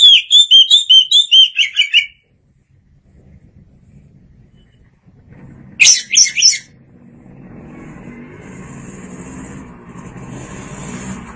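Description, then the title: Oriental magpie-robin song, a rapid series of bright rising and falling whistles for two seconds, a short burst later, then background noise. "Suara Kicauan Burung Kacer Durasi Panjang"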